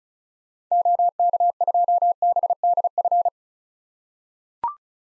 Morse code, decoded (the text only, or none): OK2BDF